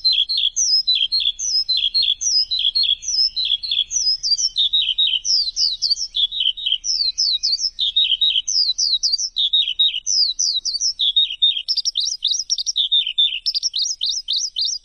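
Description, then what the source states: Bird song: bright, high chirpy phrases of short downslurred notes repeated almost without pause, closing in a faster series of notes. Chirping bird song for training pet birds.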